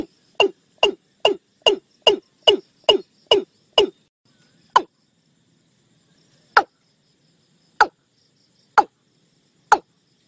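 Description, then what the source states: Watercock producing a rapid string of hollow knock notes, then spaced single knocks roughly once a second toward the end. Lure call used to attract the watercock; background noise removed from the recording.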